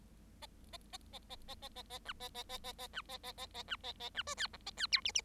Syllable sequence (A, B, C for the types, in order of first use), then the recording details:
A A A A A A A A A B A A A A A B A A A A B A A B C D E A D F G G. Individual Bird7